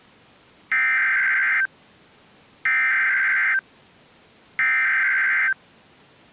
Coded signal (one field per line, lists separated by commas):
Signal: Emergency Alert System (SAME) tones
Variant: header bursts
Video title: 13 Emergency Alert System captures from February 27th, 2024 (TOR x8! SVR x4, SMW x1)